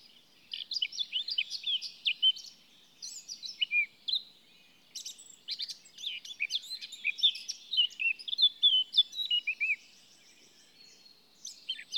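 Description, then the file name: Eurasian blackcap pouring out a rapid, chattering warble of sharp and slurred notes in long phrases with short pauses. "Sylvia atricapilla"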